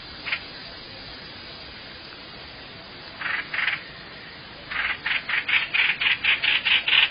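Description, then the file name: Bird calling with a few scattered rasping notes, then a steady fast series of harsh, buzzy calls over a quiet hiss. "tieng chim hoanh hoach"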